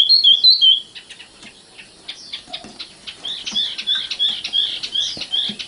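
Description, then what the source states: Oriental magpie-robin giving a few loud whistles, a quiet pause with soft clicks, then a rapid run of repeated sharp high notes. Kacer song.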